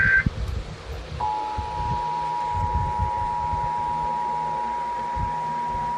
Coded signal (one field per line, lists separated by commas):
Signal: Emergency Alert System (SAME) tones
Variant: 853 and 960 Hz attention tone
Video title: Severe Thunderstorm Warning on NJPBS (EAS #87)